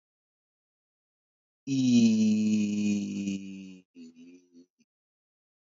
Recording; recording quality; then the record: sustained vowel as in beet; excellent, no background noise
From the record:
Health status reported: healthy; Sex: male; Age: 45 years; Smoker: yes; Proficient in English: yes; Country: India